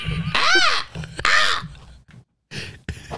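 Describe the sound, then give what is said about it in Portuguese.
A person imitates the shrill, crying screech of a jay: two loud, wavering high-pitched wails with sobbing breaths between, then a brief pause and a shorter, fainter strained cry. “É o pássaro que chora e grita ao mesmo tempo.”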